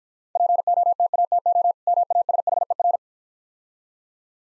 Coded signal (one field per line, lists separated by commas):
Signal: Morse code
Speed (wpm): 56 wpm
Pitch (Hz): 700 Hz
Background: none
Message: POTATO MASHER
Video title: Easy Words - Speed-Racing with Hints - 40wpm